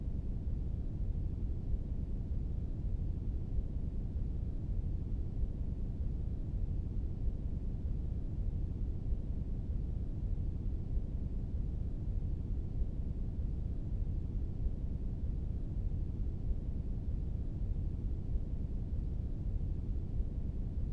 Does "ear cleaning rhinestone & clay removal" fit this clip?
no